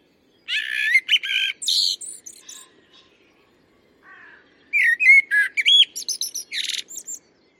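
Common blackbird singing two phrases, each opening with low fluted whistles and ending in thin, squeaky twitters, separated by a pause with a soft low note.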